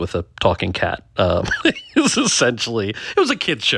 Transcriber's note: laughter